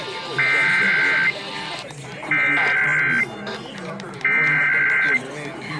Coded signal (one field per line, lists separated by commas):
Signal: Emergency Alert System (SAME) tones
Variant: header bursts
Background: speech